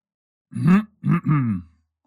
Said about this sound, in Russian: Он прочистил горло.